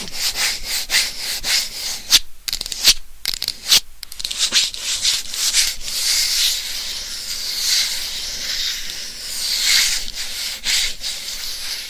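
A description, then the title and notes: Bright scratching and rubbing with a hissy texture, broken by short silent gaps around two to four seconds, then continuing steadily. ASMR Scratching & Tapping for People Who Get Bored Easily(No Talking).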